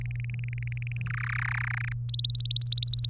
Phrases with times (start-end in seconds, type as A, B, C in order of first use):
0.01-1.02 A, 1.06-1.93 B, 2.09-3.09 C